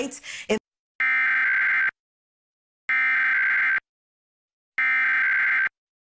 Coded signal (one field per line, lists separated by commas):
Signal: Emergency Alert System (SAME) tones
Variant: header bursts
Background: speech